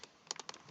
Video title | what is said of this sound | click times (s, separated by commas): [Legacy/Outdated] Cybergun Tompson M1A1 Field Strip /Partial Dissasembly | there you go you here a click and there you go your main part your gun is reassembled | 0.3 s